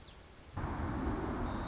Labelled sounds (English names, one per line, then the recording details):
White-crowned Sparrow
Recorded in Sonoma County, California